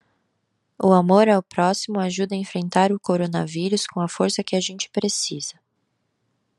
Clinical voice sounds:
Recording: spoken sentence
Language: Brazilian Portuguese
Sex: female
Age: 20 to 29 years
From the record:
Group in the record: control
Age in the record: 29 years

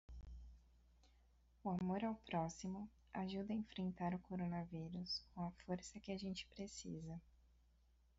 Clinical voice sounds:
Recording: spoken sentence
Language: Brazilian Portuguese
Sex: female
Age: 20 to 29 years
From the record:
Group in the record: control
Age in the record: 22 years

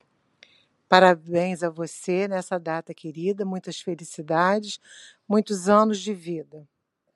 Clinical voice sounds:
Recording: short text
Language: Brazilian Portuguese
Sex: female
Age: 60 to 69 years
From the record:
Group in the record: control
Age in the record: 63 years

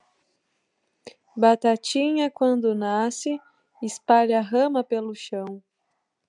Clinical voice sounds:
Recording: short text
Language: Brazilian Portuguese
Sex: female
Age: 20 to 29 years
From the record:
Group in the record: control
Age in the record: 24 years

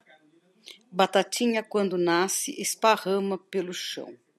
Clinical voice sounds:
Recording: short text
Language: Brazilian Portuguese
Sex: female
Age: 50 to 59 years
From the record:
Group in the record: control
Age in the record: 56 years

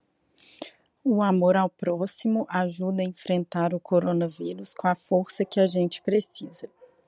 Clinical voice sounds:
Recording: spoken sentence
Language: Brazilian Portuguese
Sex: female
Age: 30 to 39 years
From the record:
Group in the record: control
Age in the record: 39 years

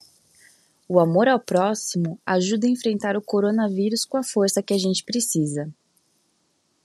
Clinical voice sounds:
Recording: spoken sentence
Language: Brazilian Portuguese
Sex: female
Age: 30 to 39 years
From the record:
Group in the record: control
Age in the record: 30 years

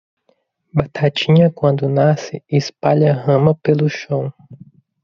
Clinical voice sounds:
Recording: short text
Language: Brazilian Portuguese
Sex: female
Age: 20 to 29 years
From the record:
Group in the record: control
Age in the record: 29 years

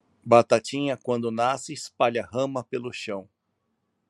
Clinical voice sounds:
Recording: short text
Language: Brazilian Portuguese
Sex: male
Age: 40 to 49 years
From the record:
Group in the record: control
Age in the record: 48 years

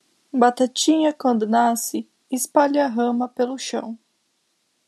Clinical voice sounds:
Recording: short text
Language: Brazilian Portuguese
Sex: female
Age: 20 to 29 years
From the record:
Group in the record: control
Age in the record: 24 years

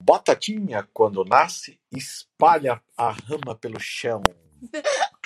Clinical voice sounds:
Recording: short text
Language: Brazilian Portuguese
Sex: female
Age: 40 to 49 years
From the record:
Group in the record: control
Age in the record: 42 years

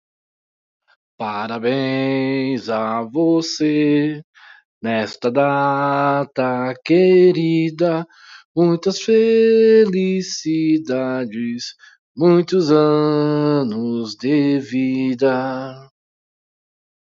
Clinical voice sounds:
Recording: short text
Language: Brazilian Portuguese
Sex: male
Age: 40 to 49 years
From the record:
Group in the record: control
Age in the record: 44 years

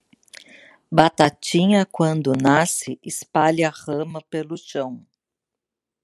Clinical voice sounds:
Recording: short text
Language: Brazilian Portuguese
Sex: female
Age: 60 to 69 years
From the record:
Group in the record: control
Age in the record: 62 years

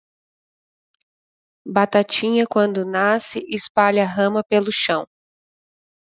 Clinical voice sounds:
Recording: short text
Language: Brazilian Portuguese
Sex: female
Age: 30 to 39 years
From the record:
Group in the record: control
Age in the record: 33 years

